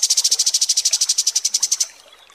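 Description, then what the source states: Kapas tembak song: a rapid, high, even trill of repeated pulses lasting almost two seconds, then it stops. Masteran training recording of kapas tembak song, used for tutoring birds.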